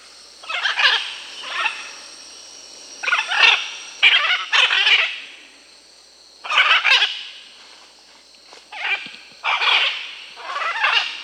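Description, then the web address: Blue-and-yellow macaw giving harsh, raspy squawks in short bursts, several loud calls spaced irregularly over a faint steady high hiss. Bolivia and Peru, Amazon region. "Birds of the Amazon. Blue-and-yellow Macaw (Ara ararauna), Bolivia, Peru"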